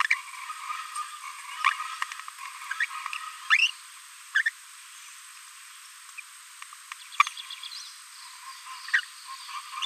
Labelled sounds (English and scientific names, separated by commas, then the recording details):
Green-rumped Parrotlet (Forpus passerinus) babbling
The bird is a female
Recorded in a nest box in Venezuela
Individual 17B42A2